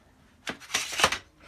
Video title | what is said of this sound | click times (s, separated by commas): Vax Air Stretch Pet Max upright Vacuum- Unboxing, Assembly & Overview | hear it click like so and that's it look look how much wobbles | 0.8 s